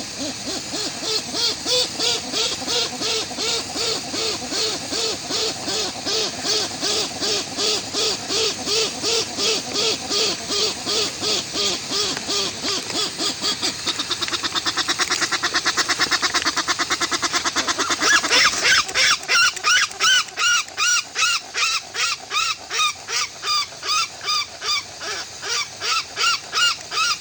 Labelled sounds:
Westland Petrel
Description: Westland petrel/tāiko song
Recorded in New Zealand

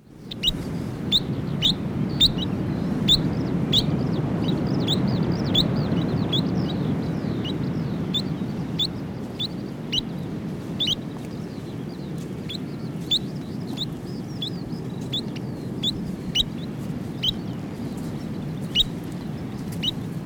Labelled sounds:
New Zealand Dotterel
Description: New Zealand dotterel/tūturiwhatu song
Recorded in New Zealand

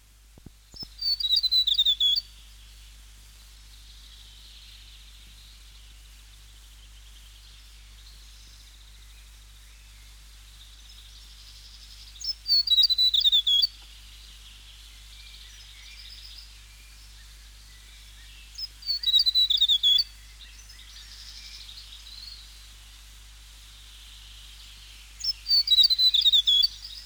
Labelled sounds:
Tomtit
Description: South Island tomtit song
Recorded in New Zealand

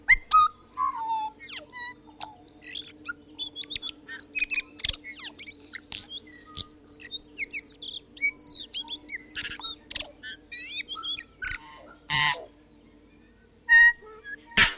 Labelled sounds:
Tūī
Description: Tūī communication calls
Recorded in New Zealand

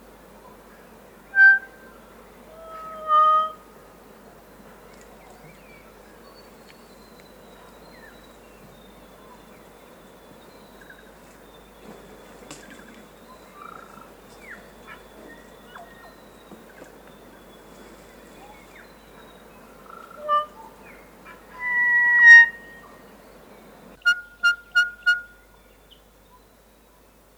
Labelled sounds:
North Island Kōkako
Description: Kōkako song
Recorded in New Zealand

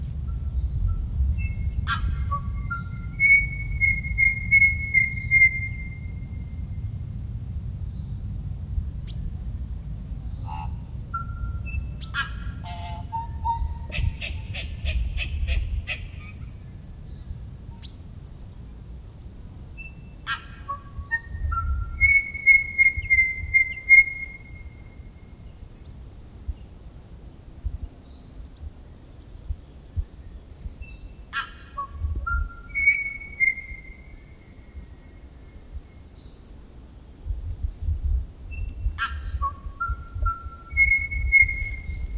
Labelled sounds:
Tūī
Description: Tūī territorial calls
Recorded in New Zealand

